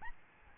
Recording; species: mosquito wingbeat signal from an infrared sensor; Aedes albopictus